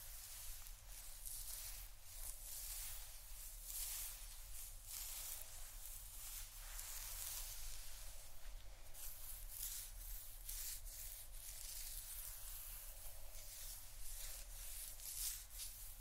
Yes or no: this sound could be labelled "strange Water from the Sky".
no